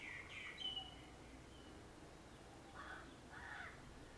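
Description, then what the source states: Birds calling: a thin whistled note near the start, then two harsh, rasping calls about half a second apart later on, over a steady low background rumble. Morning birds.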